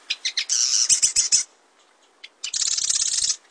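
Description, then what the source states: Marsh Wren song: a few quick ticking notes lead into a harsh, buzzy rattle, a pause, then a second grating trill of similar length. Song likened to the grating of a rusty hinge and to air bubbles forcing their way through mud; a male may sing straight through the night.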